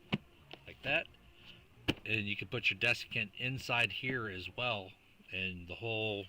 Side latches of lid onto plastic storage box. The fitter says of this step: And it clicks on both sides like